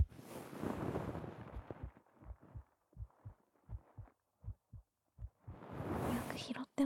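An adult's heartbeat picked up by a Neumann microphone on the chest through a single shirt layer. Normal heart sounds, almost the same as without the shirt.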